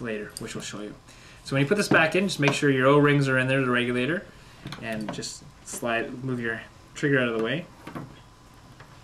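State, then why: Not seated. Someone talks while putting the regulator assembly, with its O-rings in place, back into the body of a Tiberius T4 rifle after moving the trigger out of the way. Light handling sounds come through near the end. The assembly has not yet seated or clicked into place.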